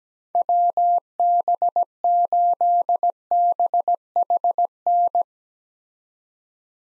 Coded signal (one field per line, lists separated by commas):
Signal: Morse code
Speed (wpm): 17 wpm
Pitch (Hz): 700 Hz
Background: none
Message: WB8BHN